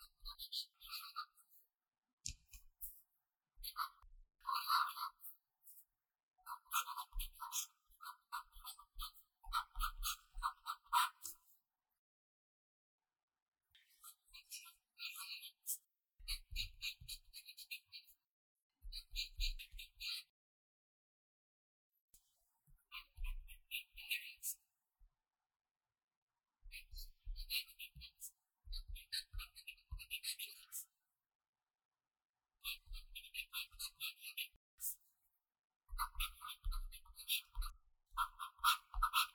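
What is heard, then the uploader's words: A pencil scratches across paper in quick bursts of strokes, each run lasting a few seconds before a short pause, then starting again. The scratching is dry, with bright rasping tones and faint low taps of the pencil against the desk. 寫字聊天 | 書寫聲 | Pencil Writing Sound for Relax | No Talking.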